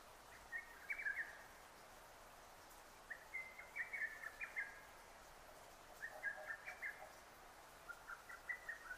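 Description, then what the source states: Lesser cuckoo song: a few rapid phrases of clipped notes, slightly veiled by steady hiss. Recorded 6 June 2009.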